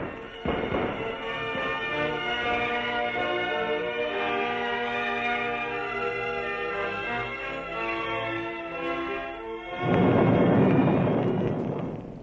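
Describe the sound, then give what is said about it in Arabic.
A cannon fires twice at the English over dramatic orchestral music, first a sharp boom near the start, then a heavier, rumbling blast toward the end that swells loudly before fading. “الله، ده المدفع ضرب، ضرب في الانجليز.”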